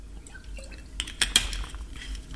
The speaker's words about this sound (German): Muss mal einen Schluck Wasser trinken.